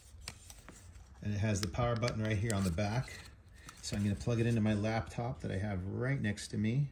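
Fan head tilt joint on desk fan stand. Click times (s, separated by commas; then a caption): 0.3 s, 0.5 s, 0.7 s. The plastic head of a Gaiatop USB desk fan is tilted on its stand, and the tilt joint gives short clicks at 0.3, 0.5 and 0.7 s as it steps through its positions and clicks into its detent. Someone then talks for the rest of the clip.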